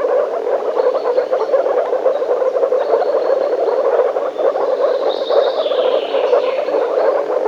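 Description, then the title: Frog chorus, a steady mass of overlapping croaks, with a few thin high bird whistles above it. Frogs in a forest. "лягушки frogs in the forest"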